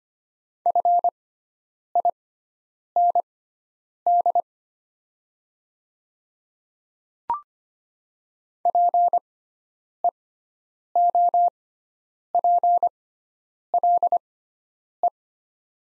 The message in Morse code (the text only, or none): FIND PEOPLE